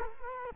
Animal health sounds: mosquito wingbeat signal from an infrared sensor; Culex quinquefasciatus

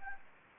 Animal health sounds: mosquito wingbeat signal from an infrared sensor; Anopheles gambiae

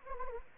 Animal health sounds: mosquito wingbeat signal from an infrared sensor; Anopheles arabiensis

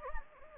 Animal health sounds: mosquito wingbeat signal from an infrared sensor; Anopheles gambiae

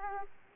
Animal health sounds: mosquito wingbeat signal from an infrared sensor; Aedes aegypti

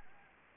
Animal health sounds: mosquito wingbeat signal from an infrared sensor; Anopheles gambiae

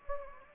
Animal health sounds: mosquito wingbeat signal from an infrared sensor; Anopheles gambiae

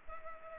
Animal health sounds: mosquito wingbeat signal from an infrared sensor; Culex pipiens

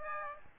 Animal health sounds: mosquito wingbeat signal from an infrared sensor; Aedes aegypti

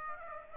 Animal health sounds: mosquito wingbeat signal from an infrared sensor; Aedes aegypti

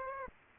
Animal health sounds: mosquito wingbeat signal from an infrared sensor; Aedes aegypti

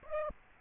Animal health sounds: mosquito wingbeat signal from an infrared sensor; Aedes aegypti

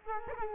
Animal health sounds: mosquito wingbeat signal from an infrared sensor; Culex quinquefasciatus

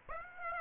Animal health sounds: mosquito wingbeat signal from an infrared sensor; Aedes aegypti

